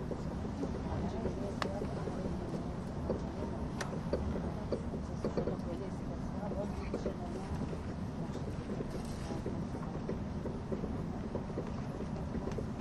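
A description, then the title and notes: A train rolls steadily through a tunnel with a dense low rumble, faint rhythmic clicks of the wheels, and murmured voices inside the carriage. SBB線 ETR610形 EC311レ 01/01:Zurich HB～Chiasso. In Switzerland, the ETR610 type Eurocity (EC), which is the main tilting vehicle, and the train on the Gotthard Tobasis Tunnel route, which can demonstrate both high speed performance and curve passing performance, are recorded.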